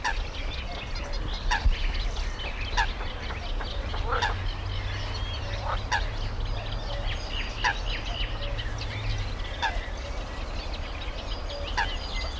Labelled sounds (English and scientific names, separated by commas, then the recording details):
Eurasian Coot (Fulica atra) call
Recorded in the wild
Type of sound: call
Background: Luscinia megarhyncho
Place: Karower Teiche, Naturpark Barnim, Berlin, DE
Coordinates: 52.62, 13.46
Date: 1995-06-05 11:28
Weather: sonnig, 18°C
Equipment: Sony WM-D6C, Sennheiser ME 80, Kopie Uher 4000 Report Monitor
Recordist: Tembrock, Günter
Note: Rufe, im Hintergrund Nachtigall